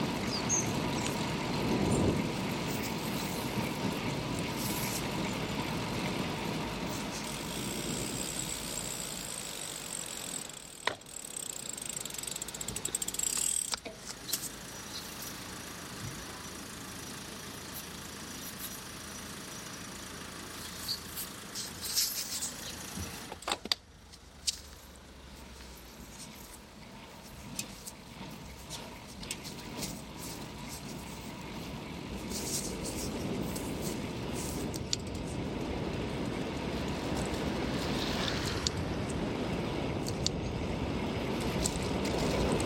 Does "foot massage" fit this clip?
no